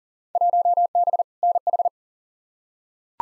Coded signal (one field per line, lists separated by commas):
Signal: Morse code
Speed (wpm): 40 wpm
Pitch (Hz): 700 Hz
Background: none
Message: 1B NH